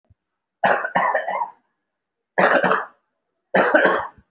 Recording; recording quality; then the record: heavy voluntary cough; excellent, no background noise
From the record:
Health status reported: respiratory illness, not identified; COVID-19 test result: negative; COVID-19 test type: RT-PCR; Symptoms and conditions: cough, cold, breathing difficulty, fatigue, muscle pain, chronic lung disease, pneumonia, another respiratory illness, hypertension, another condition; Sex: male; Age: 64 years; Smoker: no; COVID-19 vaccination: both doses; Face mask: not worn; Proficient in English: yes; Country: India